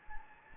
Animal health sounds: mosquito wingbeat signal from an infrared sensor; Anopheles gambiae

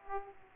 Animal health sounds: mosquito wingbeat signal from an infrared sensor; Aedes aegypti

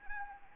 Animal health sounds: mosquito wingbeat signal from an infrared sensor; Anopheles arabiensis

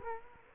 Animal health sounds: mosquito wingbeat signal from an infrared sensor; Culex quinquefasciatus

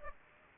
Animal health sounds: mosquito wingbeat signal from an infrared sensor; Aedes aegypti

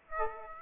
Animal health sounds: mosquito wingbeat signal from an infrared sensor; Aedes aegypti

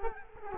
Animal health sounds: mosquito wingbeat signal from an infrared sensor; Culex quinquefasciatus

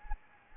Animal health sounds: mosquito wingbeat signal from an infrared sensor; Anopheles gambiae

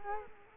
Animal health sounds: mosquito wingbeat signal from an infrared sensor; Culex quinquefasciatus

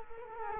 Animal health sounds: mosquito wingbeat signal from an infrared sensor; Culex quinquefasciatus

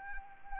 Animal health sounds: mosquito wingbeat signal from an infrared sensor; Anopheles arabiensis

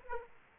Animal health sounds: mosquito wingbeat signal from an infrared sensor; Aedes aegypti

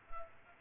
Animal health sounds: mosquito wingbeat signal from an infrared sensor; Culex quinquefasciatus

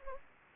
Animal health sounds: mosquito wingbeat signal from an infrared sensor; Anopheles gambiae

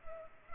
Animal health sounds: mosquito wingbeat signal from an infrared sensor; Culex pipiens

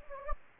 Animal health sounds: mosquito wingbeat signal from an infrared sensor; Anopheles gambiae

